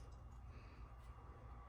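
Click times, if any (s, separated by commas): none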